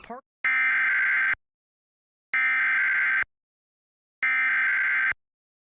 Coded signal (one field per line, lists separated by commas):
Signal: Emergency Alert System (SAME) tones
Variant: header bursts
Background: speech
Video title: Tornado Warning EAS on WLBZ and WABI